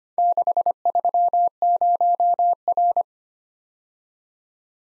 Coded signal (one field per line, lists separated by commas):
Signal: Morse code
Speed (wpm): 25 wpm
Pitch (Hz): 700 Hz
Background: none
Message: 630R